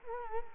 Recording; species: mosquito wingbeat signal from an infrared sensor; Culex quinquefasciatus